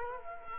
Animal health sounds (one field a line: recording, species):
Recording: mosquito wingbeat signal from an infrared sensor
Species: Culex quinquefasciatus